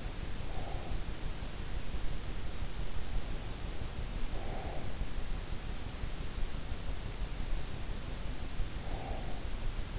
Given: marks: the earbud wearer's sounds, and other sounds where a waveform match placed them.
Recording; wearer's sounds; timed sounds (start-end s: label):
sounds in sleep by an in-ear microphone; breath
0.00-1.15 s: breath
4.10-5.44 s: breath
8.14-9.80 s: breath